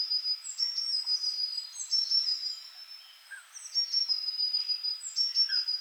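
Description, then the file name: Eurasian blue tit giving thin, high, drawn-out whistled notes mixed with short twittering calls. "Cyanistes caeruleus"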